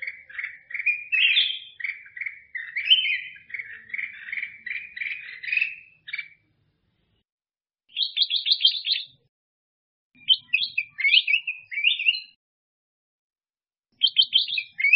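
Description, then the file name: Bulbul in a long chattering run of chirpy notes for about six seconds, then several rapid stuttered phrases after pauses; nothing else audible. "Tieng chao mao vang"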